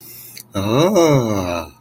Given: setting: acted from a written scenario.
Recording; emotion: vocal sound without words; adoration